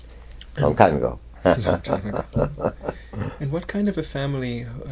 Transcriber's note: laughs